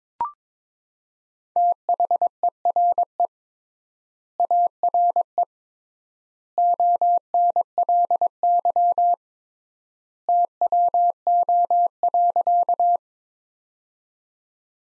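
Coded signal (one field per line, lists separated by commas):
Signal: Morse code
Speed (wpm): 22 wpm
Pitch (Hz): 700 Hz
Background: none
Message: THERE ARE ONLY TWO.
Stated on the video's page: Morse practice sentences built from the 200 most common words at 22 wpm with 3x standard word spacing, a word-level analogue of Farnsworth spacing.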